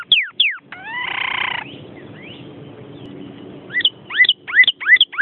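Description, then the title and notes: Bird song: hooked whistles open and close the passage, with a brief harmonic-rich tone near the start and quiet hiss between phrases. "Bird Sound. Kicau Burung Lengkap"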